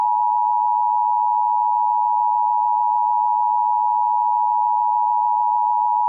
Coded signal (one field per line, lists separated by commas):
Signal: Emergency Alert System (SAME) tones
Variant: 853 and 960 Hz attention tone